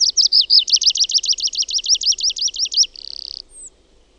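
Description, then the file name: Tree pipit song: a fast series of high, downslurred notes repeated steadily, then a short buzzy trill and one thin high note at the end. "METSAKIRVINEN"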